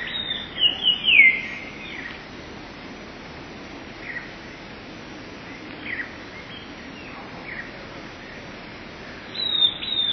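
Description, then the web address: Eurasian blue tit song: a brief phrase of high, falling notes at the start and another starting near the end, with a quiet gap between. "wroblowe teka 2 spiew 11. wroblowe teka modraszkoteka"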